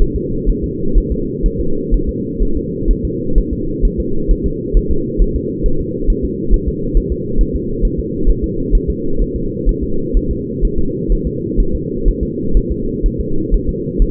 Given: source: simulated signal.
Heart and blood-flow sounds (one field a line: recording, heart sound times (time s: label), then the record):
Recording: fetal heart sounds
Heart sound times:
0.02 s: S1
0.16 s: S2
0.50 s: S1
0.64 s: S2
0.98 s: S1
1.12 s: S2
1.46 s: S1
1.61 s: S2
1.94 s: S1
2.09 s: S2
2.43 s: S1
2.57 s: S2
2.91 s: S1
3.05 s: S2
3.38 s: S1
3.53 s: S2
3.85 s: S1
4.00 s: S2
4.31 s: S1
4.46 s: S2
4.77 s: S1
4.91 s: S2
5.22 s: S1
5.36 s: S2
5.66 s: S1
5.81 s: S2
6.10 s: S1
6.25 s: S2
6.54 s: S1
6.68 s: S2
6.97 s: S1
7.12 s: S2
7.41 s: S1
7.56 s: S2
7.85 s: S1
8.00 s: S2
8.30 s: S1
8.44 s: S2
8.75 s: S1
8.90 s: S2
9.22 s: S1
9.36 s: S2
9.69 s: S1
9.84 s: S2
10.17 s: S1
10.31 s: S2
10.65 s: S1
10.79 s: S2
11.12 s: S1
11.27 s: S2
11.60 s: S1
11.75 s: S2
12.08 s: S1
12.23 s: S2
12.57 s: S1
12.72 s: S2
13.06 s: S1
13.20 s: S2
13.54 s: S1
13.69 s: S2
14.02 s: S1
From the record:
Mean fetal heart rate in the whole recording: 130 bpm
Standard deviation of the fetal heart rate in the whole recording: 4 bpm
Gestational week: 38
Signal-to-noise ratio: -8.1 dB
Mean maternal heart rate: 72 bpm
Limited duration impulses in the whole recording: absent